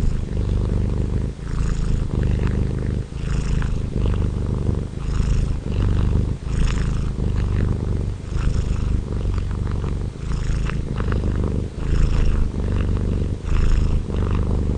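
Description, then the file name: Domestic cat purr, continuous deep rumbling broken by short regular pauses throughout. Domestic cat purring on 2011-02-17; 16-bit audio. "Purring Domestic Cat Rocky"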